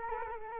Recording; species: mosquito wingbeat signal from an infrared sensor; Culex quinquefasciatus